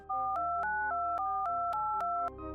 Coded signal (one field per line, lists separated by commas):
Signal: DTMF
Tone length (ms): 280 ms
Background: music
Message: 42924282